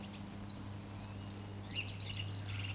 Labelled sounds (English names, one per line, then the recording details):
Eurasian Woodcock whistle
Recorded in Baden-Württemberg, Germany, on 15 June 2020 at 20:08 UTC
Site 14569, 102 m above sea level